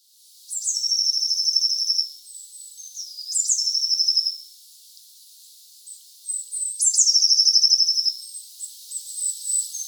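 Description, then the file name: Eurasian blue tit calls: three loud phrases, each a sharp high note dropping into a long, buzzy trill, a few seconds apart, with faint high notes between. "Cyanistes caeruleus"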